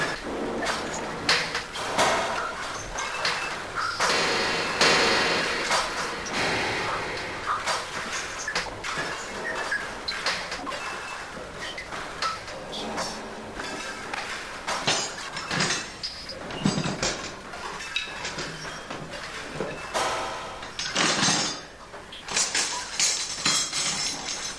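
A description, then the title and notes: A cutlery drawer is yanked and shut again and again, its contents of teaspoons and utensils rattling and scraping in dense, looping bursts. The metallic clatter is bright, with sharper jolts near 5, 15 and 21 seconds. A gentle but forceful yank and close of the cutlery drawer, looped and filtered elaborately - phases and grains and such and such through occasional reverbs and ~ring modulators. Augmentations from gentle crypto-rhymic dragging and agitating of the contents; teaspoons, bottle-openers, skewers.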